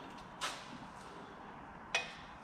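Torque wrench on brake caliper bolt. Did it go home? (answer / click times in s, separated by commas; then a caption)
yes / 2.0 s. A torque wrench tightens a front brake caliper bolt on a Toyota Land Cruiser, after the bolt was run in with an impact gun and checked by hand. A softer tick sounds near 0.4 s over a steady background hiss, then the wrench gives one sharp little click at 1.9 s. That click confirms the bolt has reached the torque setting.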